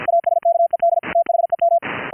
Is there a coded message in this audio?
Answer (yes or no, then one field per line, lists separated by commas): yes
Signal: Morse code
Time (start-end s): 0.1-1.8 s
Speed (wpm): 53 wpm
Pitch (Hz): 680 Hz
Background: none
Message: ASKED THEM